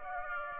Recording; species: mosquito wingbeat signal from an infrared sensor; Aedes aegypti